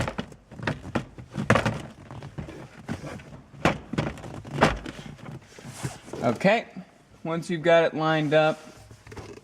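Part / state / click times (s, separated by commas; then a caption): cabin air filter access cover into the dashboard filter housing / not seated / none. A plastic cabin air filter access cover on a Toyota Corolla is lined up behind the glove box with the dashboard filter housing while someone talks. Brief handling knocks and thumps are heard along with the talk. Nothing has seated or clicked yet; the clip ends before the cover's plastic teeth snap into the housing.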